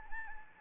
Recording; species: mosquito wingbeat signal from an infrared sensor; Anopheles gambiae